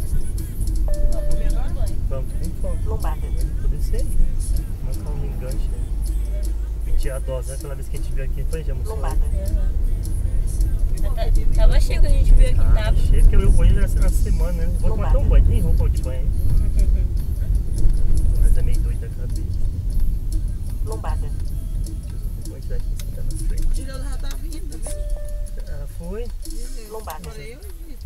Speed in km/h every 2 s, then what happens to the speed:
36, 30, 14, 11, 24, 31, 33, 32, 30, 30, 27, 16, 6, 4.
0-5 brakes to 11. 6-13 speeds up to 33. 13-19 steady at about 30. 19-24 brakes to 6.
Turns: 19-24.